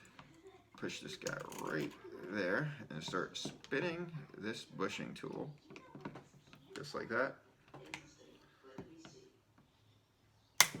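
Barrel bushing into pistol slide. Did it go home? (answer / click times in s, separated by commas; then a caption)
yes / 10.6 s. A metal pistol barrel bushing is turned with a bushing tool over the recoil spring plug while someone talks, and faint small clicks and scrapes are heard along the way. At 10.6 s a loud, sharp metallic hit rings out as the bushing rotates into its locked position and seats in the pistol slide.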